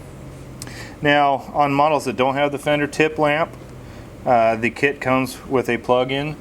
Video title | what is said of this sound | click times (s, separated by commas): Install LED Brake Lights & Turn Signals on Harley Davidson - Complete Guide & Instructions | into slot two you hear that beautiful click sound you know you're in there good and close it down | 0.6 s